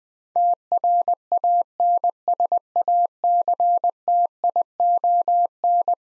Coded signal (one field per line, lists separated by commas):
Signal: Morse code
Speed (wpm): 20 wpm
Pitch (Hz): 700 Hz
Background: none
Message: TRANSACTION